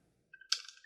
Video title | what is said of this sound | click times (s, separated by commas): PowerG Automation Smart Skill: Installing IQ Lock PowerG | Connect the cable, ensuring it snaps into place. | 0.5 s